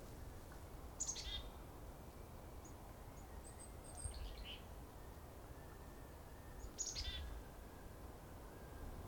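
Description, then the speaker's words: Chickadee calls: a high note sliding into buzzy, layered notes, repeated after a pause, with faint chirps between over steady low background noise. A lone chickadee, followed in hope of finding a mixed flock, since chickadees usually lead to flocks of birds; recorded on 1 January 2021. "So usually chickadees are a good way to find a flock. You hear a chickadee, you'll probably find a flock of birds."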